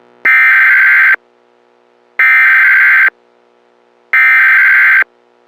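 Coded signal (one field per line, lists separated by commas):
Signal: Emergency Alert System (SAME) tones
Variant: header bursts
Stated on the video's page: Fictional scenario alert, not a real broadcast.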